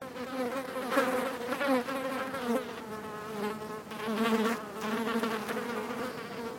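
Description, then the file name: Fly buzzing in a steady droning hum whose pitch wavers, swelling louder around the first and fourth seconds. "flies"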